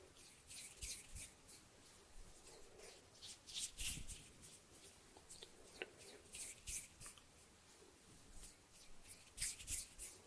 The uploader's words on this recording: ASMR HAND SOUNDS, SNAPPING and FINGER FLUTTERING around the mic NO TALKING.